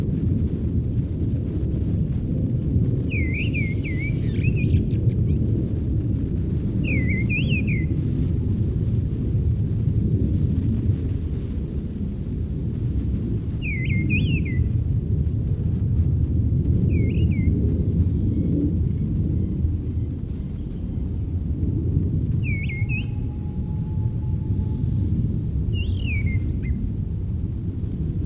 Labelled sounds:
Mistle Thrush (Turdus viscivorus) song

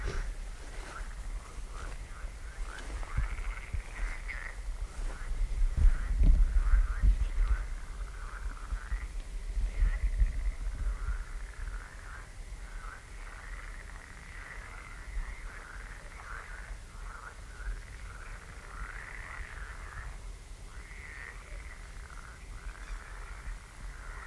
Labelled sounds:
Great Bittern (Botaurus stellaris) call

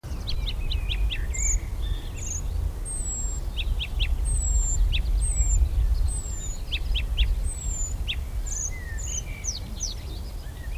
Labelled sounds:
Icterine Warbler (Hippolais icterina) song

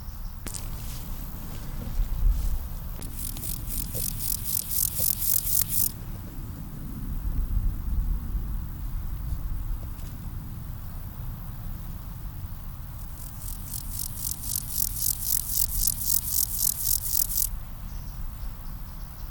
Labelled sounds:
Water-meadow Grasshopper (Chorthippus montanus) stridulation

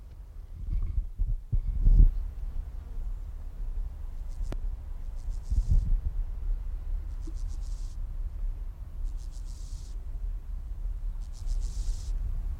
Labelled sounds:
Steppe Grasshopper (Chorthippus dorsatus) stridulation

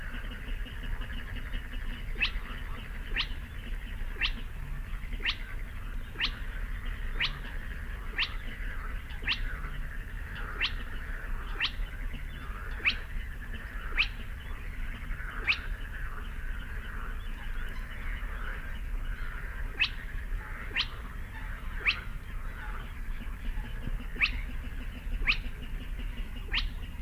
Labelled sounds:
Spotted Crake (Porzana porzana)

